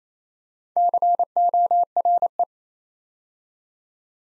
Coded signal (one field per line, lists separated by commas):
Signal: Morse code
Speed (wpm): 27 wpm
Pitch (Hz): 700 Hz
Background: none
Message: CORE